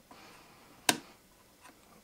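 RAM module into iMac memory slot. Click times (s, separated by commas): 0.9 s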